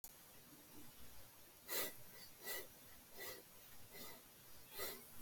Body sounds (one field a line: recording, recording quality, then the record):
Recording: shallow breathing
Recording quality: excellent, no background noise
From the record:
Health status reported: healthy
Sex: male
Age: 29 years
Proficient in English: yes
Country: United States